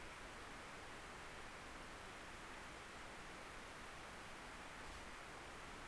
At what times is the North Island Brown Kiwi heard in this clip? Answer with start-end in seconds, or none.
none